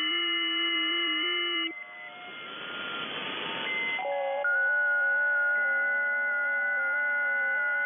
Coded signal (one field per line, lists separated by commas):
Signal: FT8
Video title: FT8 on 40m Airspy